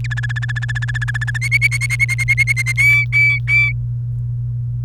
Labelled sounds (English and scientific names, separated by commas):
Domestic Canary (Serinus canaria) song